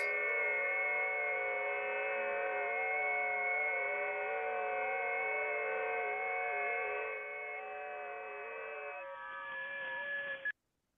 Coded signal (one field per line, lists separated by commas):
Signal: FT8